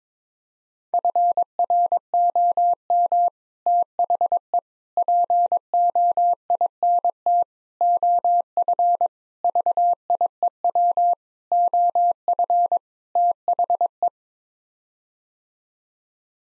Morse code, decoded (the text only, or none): FROM THE POINT OF VIEW OF THE